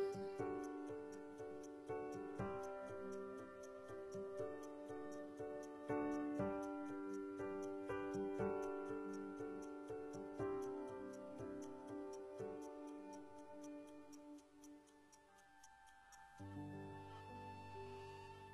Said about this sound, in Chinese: 这是听到时针滴滴答答走的声音，也是岁月流过的声音